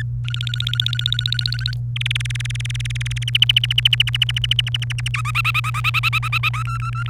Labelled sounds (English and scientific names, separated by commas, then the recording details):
Domestic Canary (Serinus canaria) song
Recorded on 28 April 2018 at 10:19
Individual llb3